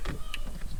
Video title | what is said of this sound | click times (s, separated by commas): How We Made the GMT800 Truck Faster | Make sure it clicks in good, and that's all there is to it. | 0.3 s